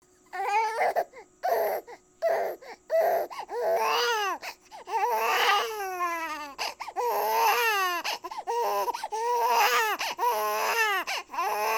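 An infant cries in repeated bursts separated by short breaths. The cries are high-pitched and tonal, with strong rising and falling wails toward the middle and a steady, insistent rhythm throughout. It is an ordinary baby cry.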